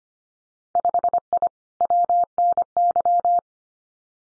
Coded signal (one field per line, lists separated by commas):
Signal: Morse code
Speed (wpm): 25 wpm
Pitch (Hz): 700 Hz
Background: none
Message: 5I WNY